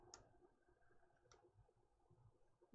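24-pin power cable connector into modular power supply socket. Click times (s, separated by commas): 0.1 s, 1.3 s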